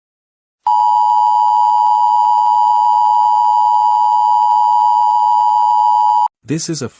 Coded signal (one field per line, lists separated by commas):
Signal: Emergency Alert System (SAME) tones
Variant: 853 and 960 Hz attention tone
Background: speech